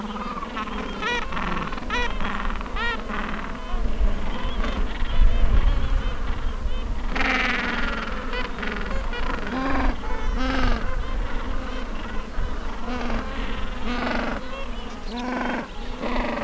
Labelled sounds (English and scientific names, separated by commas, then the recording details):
Gentoo Penguin (Pygoscelis papua)
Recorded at the colony at Sea Lion Island, on 19 December 2014
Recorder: Song Meter SM2+